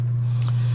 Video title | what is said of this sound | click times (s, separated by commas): Bio Bidet BB-2000 Review | slide it right in until it clicks | 0.4 s